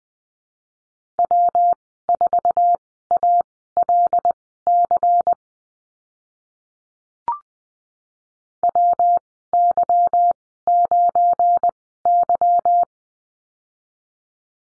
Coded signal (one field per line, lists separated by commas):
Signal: Morse code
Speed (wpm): 20 wpm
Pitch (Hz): 700 Hz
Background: none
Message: W4ALC WY9Y